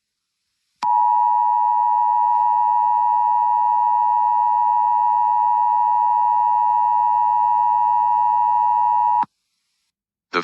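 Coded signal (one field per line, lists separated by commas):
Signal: Emergency Alert System (SAME) tones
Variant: 853 and 960 Hz attention tone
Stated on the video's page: Fictional nuclear attack scenario, simulated alert.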